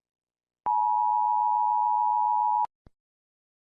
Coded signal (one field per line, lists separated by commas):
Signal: Emergency Alert System (SAME) tones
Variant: 853 and 960 Hz attention tone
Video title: US EAS scenario- Viventes Virus (FAN MADE)